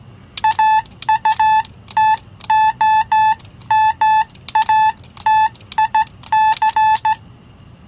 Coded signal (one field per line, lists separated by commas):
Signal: Morse code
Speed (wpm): 14 wpm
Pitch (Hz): 870 Hz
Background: none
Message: AUTOMATIC